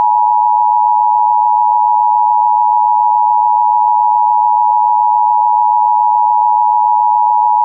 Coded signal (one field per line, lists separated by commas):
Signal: Emergency Alert System (SAME) tones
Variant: 853 and 960 Hz attention tone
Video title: a real eas tornado warning